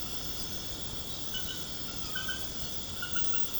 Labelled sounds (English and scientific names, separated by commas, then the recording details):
none
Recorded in pastures near Puerto Asís, Putumayo, Colombia, on 12 March 2025 at 23:00
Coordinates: 0.472, -76.329
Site G074